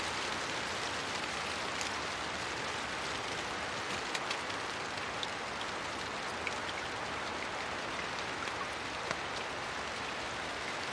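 Constant rain falls under a leafy canopy, a dense steady hiss filling the clip from start to end. Large splatty drops land as sharp bright taps scattered throughout, a few louder near four and nine seconds, over a soft low rush.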